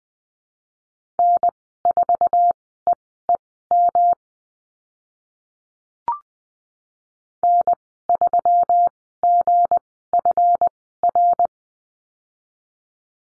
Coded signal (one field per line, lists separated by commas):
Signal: Morse code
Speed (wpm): 20 wpm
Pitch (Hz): 700 Hz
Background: none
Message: N4EEM N3GFR